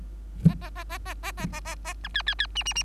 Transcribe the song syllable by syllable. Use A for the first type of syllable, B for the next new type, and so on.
A A A A A A A A A A B C C C D D D